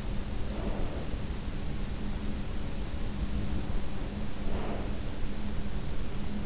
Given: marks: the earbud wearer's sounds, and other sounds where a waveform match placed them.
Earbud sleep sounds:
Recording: sounds in sleep by an in-ear microphone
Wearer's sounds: breath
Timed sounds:
0.29-1.43 s: breath
4.24-5.02 s: breath

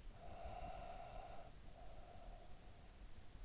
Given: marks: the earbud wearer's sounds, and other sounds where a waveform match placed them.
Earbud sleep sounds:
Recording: sounds in sleep by an in-ear microphone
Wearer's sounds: breath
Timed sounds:
0.11-3.00 s: breath

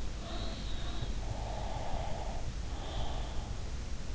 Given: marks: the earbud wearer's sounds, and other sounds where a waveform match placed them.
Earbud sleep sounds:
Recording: sounds in sleep by an in-ear microphone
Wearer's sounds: breath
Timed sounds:
1.31-3.60 s: breath

